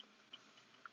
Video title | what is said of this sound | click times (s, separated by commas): DTG and Dye Sublimation - How to Print on Face Masks, T-Shirts, Shoes, Blankets, Hoodies | locked into place | 0.3 s, 0.9 s